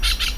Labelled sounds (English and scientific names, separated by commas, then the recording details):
Brown-throated Parakeet (Eupsittula pertinax) contact call
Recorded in Venezuela
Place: Tumeremo, Edo. Bolívar
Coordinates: 7.209, -61.364